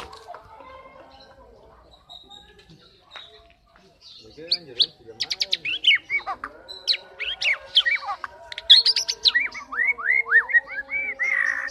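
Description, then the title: Oriental magpie-robin song building after quiet opening seconds into dense chirps, sharp clicks and repeated rising whistled slurs, with other faint tones underneath. "kacer"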